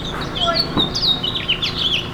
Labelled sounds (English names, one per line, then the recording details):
House Finch song
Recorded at West Islip on Long Island, New York, on 18 May 2013